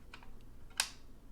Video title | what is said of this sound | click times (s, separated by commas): THE MEEK WILL INHERIT THE GALAXY - EWE EFO BY KEL SNAKE | and you're click and now it won't go back | 0.8 s